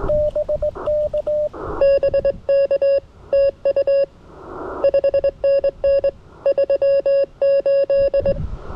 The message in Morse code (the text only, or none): BK TU 5NN 38